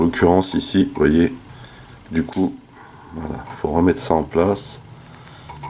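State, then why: Seated. A plastic antenna or helmet-like part is pushed back onto a collectible transforming robot figure while someone talks. Soft, quiet clicks at 5.2 s and 5.5 s mark the part seating and clipping into place.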